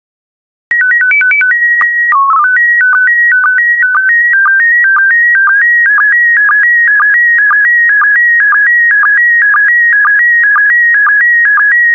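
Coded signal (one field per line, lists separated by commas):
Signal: SSTV (slow-scan television)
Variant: PD 120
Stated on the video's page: PD120 mode SSTV images generated for decoding practice, using stock photos, with synthesized audio prompts.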